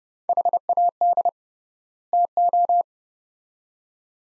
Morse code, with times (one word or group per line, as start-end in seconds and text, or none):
0.3-1.3 HAD
2.1-2.8 TO